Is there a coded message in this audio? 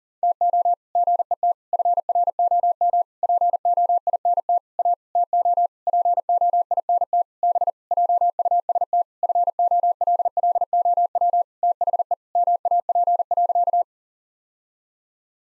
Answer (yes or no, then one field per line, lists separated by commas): yes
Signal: Morse code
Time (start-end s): 0.2-13.8 s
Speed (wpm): 40 wpm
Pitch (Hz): 700 Hz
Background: none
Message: TO GET FROM POINT A TO POINT B JUST FOLLOW THE MAP.